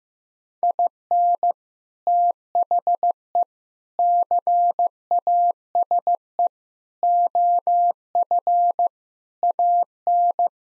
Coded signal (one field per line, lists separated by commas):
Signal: Morse code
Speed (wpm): 15 wpm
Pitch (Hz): 700 Hz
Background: none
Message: IN THE CASE OF AN